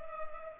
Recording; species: mosquito wingbeat signal from an infrared sensor; Culex pipiens